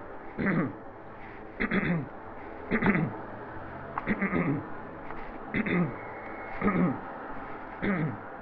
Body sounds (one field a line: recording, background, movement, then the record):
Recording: throat clearing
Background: traffic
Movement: sitting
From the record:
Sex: male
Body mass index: 22.0 kg/m2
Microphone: on the chest, facing the body